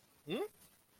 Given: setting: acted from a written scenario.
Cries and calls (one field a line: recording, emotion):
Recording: vocal sound without words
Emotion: confusion